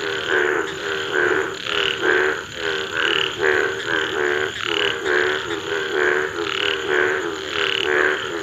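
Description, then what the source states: Indian bullfrog giving repeated gruff croaks in an uneven rhythm, loud and harsh. Mating call, India; bright lemon yellow frogs inflate a deep navy blue to dark purple neck when calling, sending ripples across the water surface.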